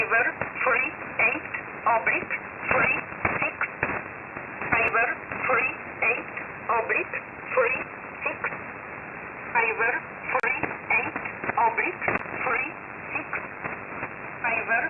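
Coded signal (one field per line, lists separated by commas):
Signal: numbers station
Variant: E11 Oblique, English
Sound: male voice over radio repeating a call word and numbers, 38/36, several times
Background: radio static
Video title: 07 06 2021 Number station E11 Oblique in English to Eu 0900 on 7449 unknown tx site in USB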